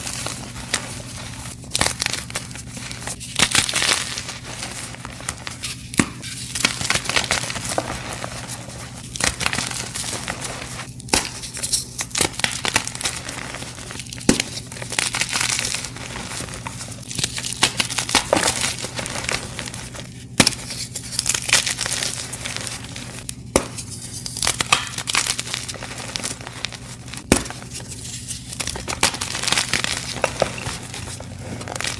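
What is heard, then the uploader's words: Crispy dyed gym chalk blocks, coated in dusty cleanser paste, crunch and crumble. Dense, irregular crackling and gritty crumbling runs throughout, with sharper snaps every few seconds, over a steady low hum in the background. 8 blocks of crispy dyed gym chalk dipped in dusty Bon Ami paste.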